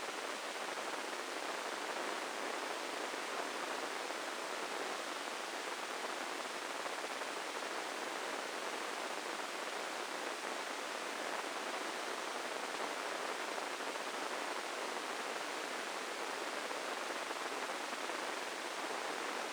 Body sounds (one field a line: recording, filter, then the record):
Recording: brain microelectrode recording played as sound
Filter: spike band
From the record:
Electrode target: subthalamic nucleus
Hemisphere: left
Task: reaching with the right hand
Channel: 1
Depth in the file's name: 4.826 mm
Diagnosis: Parkinson's disease